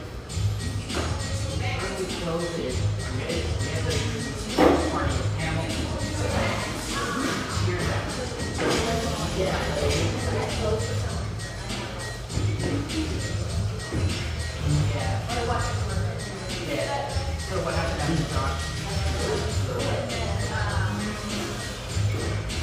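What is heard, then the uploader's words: A family-oriented coffee shop in Sellwood, Portland, full of overlapping conversation that stays at a steady level throughout. A low hum runs underneath, and occasional sharp clinks and taps cut through, one especially clear around the five-second mark. Sellwood, Portland, Oregon. Family-oriented, high-ceilinged java joint near Portland's Willamette riverfront.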